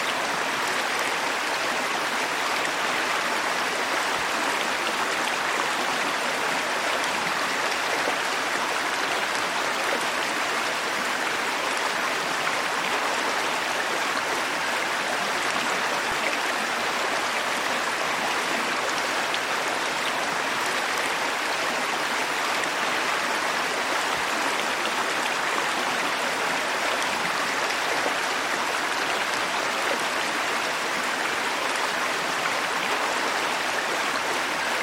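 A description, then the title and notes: A mountain waterfall roars in a steady, dense rush that never lets up across the whole stretch. The sound is full and hissing, strongest in the middle and upper range with little deep rumble, and fills everything with no other sounds standing out. Mountain Waterfall.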